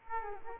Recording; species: mosquito wingbeat signal from an infrared sensor; Aedes aegypti